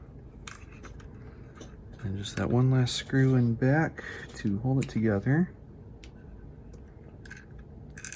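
The plastic body shell of an old Bachmann HO scale 2-10-4 Texas steam locomotive is pressed down onto its chassis. The front and middle snap into place in a tight fit, with a sharp click at 0.5 s as it seats, followed by a few faint ticks. Someone then talks in the middle of the clip, and more small clicks and taps come near the end.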